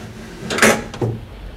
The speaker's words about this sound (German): Schieb das Fenster hoch.